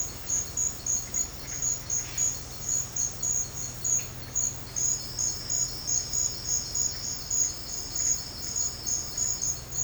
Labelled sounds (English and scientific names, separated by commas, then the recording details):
none
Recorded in secondary vegetation near Puerto Asís, Putumayo, Colombia, on 19 March 2025 at 10:30
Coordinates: 0.484, -76.319
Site G010